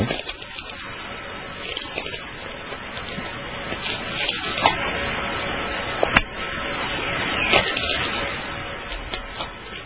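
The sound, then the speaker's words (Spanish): A steady, loud crackling hiss like static or frying, recorded at the moment a ball lightning appears, runs throughout, broken by a few sharp pops and clicks, with no one speaking. “Este es el momento en que la bola de luz aparece, el rayo en bola.”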